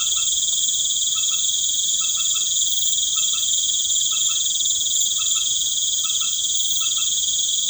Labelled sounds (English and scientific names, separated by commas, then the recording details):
none
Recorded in pastures near Puerto Asís, Putumayo, Colombia, on 12 March 2025 at 19:30
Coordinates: 0.505, -76.324
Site GP08